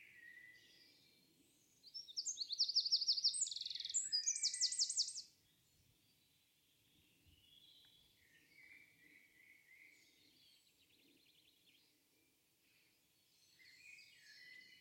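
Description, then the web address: Bird song: a loud burst of rapid high trills and buzzes for about three seconds, then only faint scattered chirps over steady low background noise. "cianscape birddata Deverinetal 2025"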